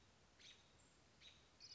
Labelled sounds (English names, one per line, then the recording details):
American Robin
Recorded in Sonoma County, California